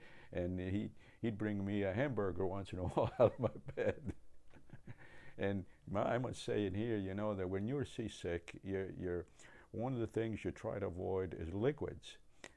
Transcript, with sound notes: And he -- he'd bring me a hamburger once in a while [Laughs] in my bed. And I must say here -- you know -- that when you're seasick, your – your -- one of the things you try to avoid is liquids.